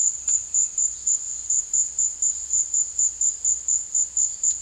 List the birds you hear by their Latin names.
none